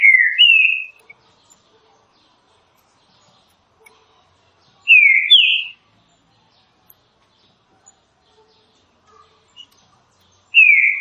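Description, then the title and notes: Green-winged saltator song: short rich whistled phrases of two or three slurred notes, each burst about a second long, repeated roughly every five seconds with silence between. Classic song style (canto clássico) of the green-winged saltator, presented as a training recording. "Canto Clássico Trinca Ferro TREINAMENTO. trinca fero"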